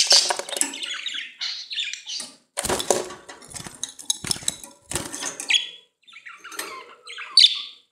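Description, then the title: Budgerigar chatter, loud and almost continuous, mixing harsh squawks, rattling clicks and high squeaky notes, with brief gaps and a shrill burst near the end. "Budgie Sounds"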